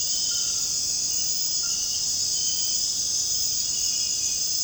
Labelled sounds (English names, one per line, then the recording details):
none
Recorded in secondary vegetation near Puerto Asís, Putumayo, Colombia, on 13 March 2025 at 00:00
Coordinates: 0.502, -76.326
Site G100